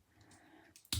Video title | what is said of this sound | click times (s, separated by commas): I‘m back…again. Also 86 BEE! | like this until it locks into place. | 0.9 s